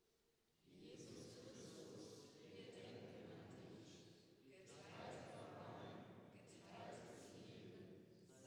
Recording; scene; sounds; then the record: everyday scene through a hearing-aid microphone; reverberant space; speech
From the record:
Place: church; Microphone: in the ear canal, right